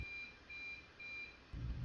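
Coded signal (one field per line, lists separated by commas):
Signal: beep code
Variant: ceiling fan remote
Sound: three short high beeps evenly spaced, then a low thump or rumble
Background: room noise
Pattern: 3 short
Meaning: Three beeps confirm the fan timer is set to 4 hours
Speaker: three beeps for 4 hours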